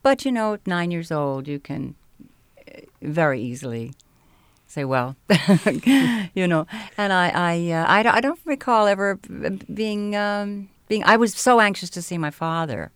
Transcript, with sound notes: But, you know, at nine years old you can very easily say, well, you know. ( she laughs ) And I -- I don't recall ever being, I was so anxious to see my father